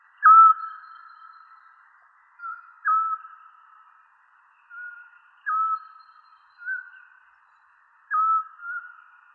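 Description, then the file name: Eurasian scops owl uttering brief monotone whistles about every two and a half seconds, interspersed with quieter notes at a similar pitch. "splyushka golos"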